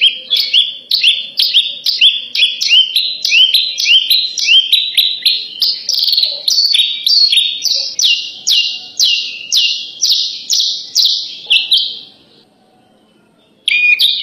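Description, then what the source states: Horsfield's bush lark singing a fast series of high, repeated two-part chirps, steady and rhythmic for about twelve seconds, then a brief silence and a final note. Tutor recording used for training captive birds to sing.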